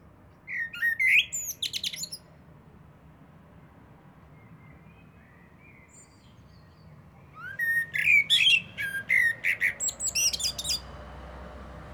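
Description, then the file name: Eurasian blackbird song: a short warbled phrase with a high twittering tail, a long pause, then a longer fluty phrase breaking into rapid high squeaks; steady low background noise. "Turdus merula"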